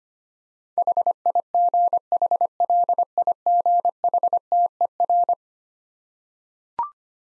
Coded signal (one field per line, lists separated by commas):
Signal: Morse code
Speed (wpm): 25 wpm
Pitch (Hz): 700 Hz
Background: none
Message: HIGHLIGHTER